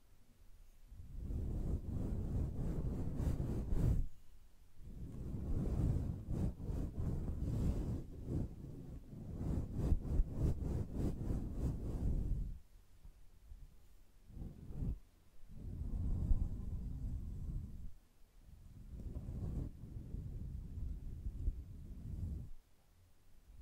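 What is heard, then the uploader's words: Gentle brushing sounds come in long, soft strokes, each lasting a few seconds with brief pauses between them. The strokes are low and rustling, with faint rapid ticking from the bristles in the middle passes. Quiet gaps fall near 4, 13 and 23 seconds. ASMR Gently Brushing Your Brain (No Talking).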